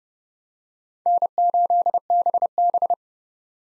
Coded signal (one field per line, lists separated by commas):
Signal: Morse code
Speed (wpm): 30 wpm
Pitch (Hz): 700 Hz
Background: none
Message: N8BB